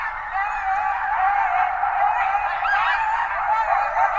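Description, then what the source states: Coyotes calling together, a loud tangle of wavering, warbling howls overlapping for the whole stretch. Several coyotes, recorded on 2012-01-20.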